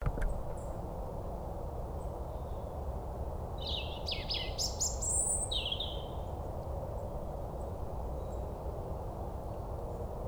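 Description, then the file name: European robin: high warbled notes and a thin whistle midway through, fairly short, against a heavy low rumbling noise. "Erithacus rubecula"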